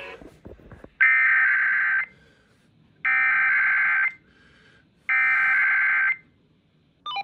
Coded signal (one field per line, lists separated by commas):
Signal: Emergency Alert System (SAME) tones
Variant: header bursts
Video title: Usual Sunday Weekly Tests (EAS #13894-13898) 11/12/23